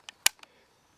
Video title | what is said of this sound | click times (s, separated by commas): Flying my new breezes first day | that little click press the button and it will come right out you | 0.3 s